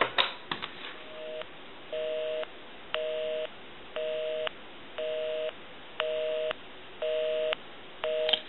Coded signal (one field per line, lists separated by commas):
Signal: telephone call progress tone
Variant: North America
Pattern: busy tone